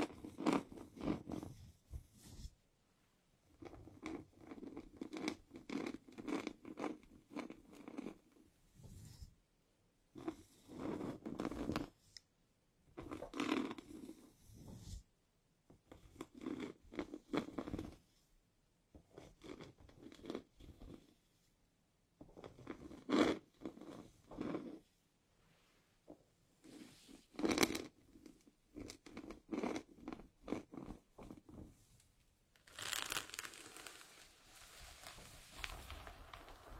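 Hair is combed gently in soft, rasping strokes that come in short bunches, each pass lasting a second or so, separated by brief pauses of near silence. Near the end a brighter, steadier rustle takes over for the last few seconds.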